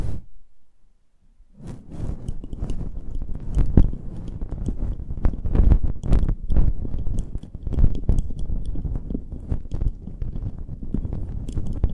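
Close-up mic handling: after about a second and a half of near silence, a dense run of crunchy rustles and crackles begins and continues to the end. Heavy low thumps mix with sharp bright clicks at irregular, rapid intervals, somewhat like chewing or crumpling.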